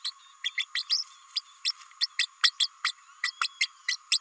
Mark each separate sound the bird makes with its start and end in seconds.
0.04-0.11, 0.44-0.50, 0.57-0.64, 0.75-0.83, 0.89-1.03, 1.35-1.41, 1.65-1.71, 2.00-2.06, 2.18-2.26, 2.43-2.51, 2.60-2.68, 2.84-2.92, 3.23-3.31, 3.41-3.47, 3.60-3.66, 3.88-3.96, 4.11-4.18